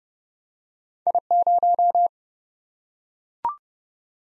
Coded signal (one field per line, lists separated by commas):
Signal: Morse code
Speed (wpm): 30 wpm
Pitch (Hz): 700 Hz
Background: none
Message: I0